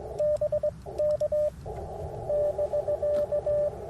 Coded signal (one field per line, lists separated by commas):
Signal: Morse code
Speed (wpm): 20 wpm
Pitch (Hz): 590 Hz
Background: radio noise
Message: BK <BK>